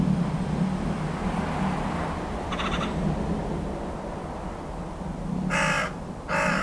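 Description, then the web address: Hooded crow giving two harsh, hoarse caws near the end after a faint one earlier, against continuous low road noise. "linnut varis ja harakka"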